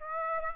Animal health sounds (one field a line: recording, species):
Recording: mosquito wingbeat signal from an infrared sensor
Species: Aedes aegypti